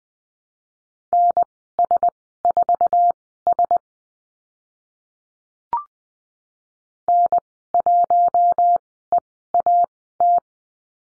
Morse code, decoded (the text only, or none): NS4S N1EAT